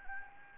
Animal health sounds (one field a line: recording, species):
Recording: mosquito wingbeat signal from an infrared sensor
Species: Anopheles gambiae